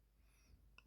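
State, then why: Seated. Door window glass on a 2018 Volvo XC90 is pushed down into the lift mechanism clamp of a new window regulator during a window motor and regulator replacement. Over a low, steady background hum, a single sharp click sounds at 0.8 s as the glass snaps into the clamp, confirming it is seated.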